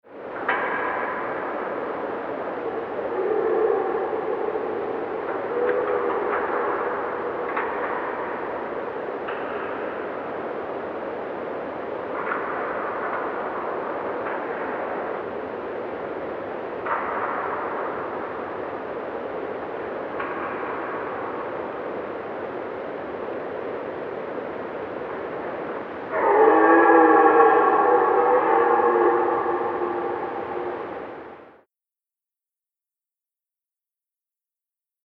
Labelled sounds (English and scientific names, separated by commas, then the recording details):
Red Deer (Cervus elaphus)
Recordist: Frommolt, Karl-Heinz
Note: Revierkampf